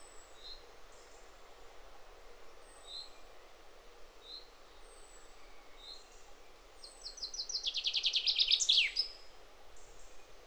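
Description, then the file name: Common chaffinch: a few short high chirps, then a loud trill growing louder and ending in a quick flourish, over steady background hiss. "Fringilla coelebs"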